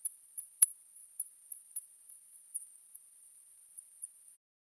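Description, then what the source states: Bat echolocation pulses, pitched down, heard as high clicks every fraction of a second, with one louder sharp click near the start. Ultrasound pitched down an octave.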